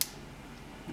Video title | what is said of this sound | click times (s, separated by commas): How to install LED light strips behind TV (USB LED STRIP FOR TV) | metal plate here so when you lock it into place you hear a click and it's gonna grab onto your LEDs as well as make the connection | 0.0 s